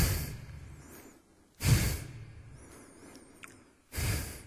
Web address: heavy bull breathing sound